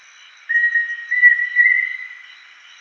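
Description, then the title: Pheasant cuckoo song: three pure whistled notes, rising slightly in pitch, the last one longest, then fading. "LuckyPassaro Completos2Sama. Pheasant Cuckoo (Dromococcyx phasianellus)"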